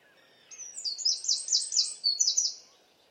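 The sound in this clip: Bird song, a rapid sequence of high clear chirps and slurred notes lasting about two seconds.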